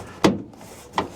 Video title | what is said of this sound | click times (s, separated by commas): 2015 - 2019 FORD TRANSIT - HOW TO REPLACE INSIDE / INTERIOR SLIDING DOOR INSIDE HANDLE - EASY DIY! | snaps into place so that it's flush with the window and the trim there. | 0.2 s, 1.0 s